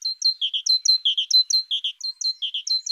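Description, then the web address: Great tit: high, sharp chirping notes in quick rhythmic pairs and triplets, repeated steadily throughout with no pause and no other sounds. "Parus major"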